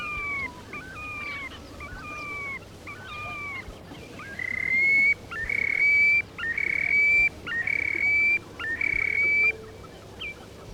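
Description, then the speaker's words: Terek sandpipers calling: drooping whistled notes at first, then louder level whistles, repeated roughly once a second. Several birds calling to each other on river shoals. "На речных отмелях перекликаются кулики-мародунки."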